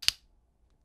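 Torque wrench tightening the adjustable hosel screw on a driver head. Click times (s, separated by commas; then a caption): 0.0 s, 0.1 s. A Callaway torque wrench tightens the adjustable Optifit hosel screw on a golf driver head and gives sharp clicks at 0.0 and 0.1 seconds, followed by faint low rumble. The wrench clicks at its setting, showing the screw is tight enough, since a single click is what signals it is ready to play.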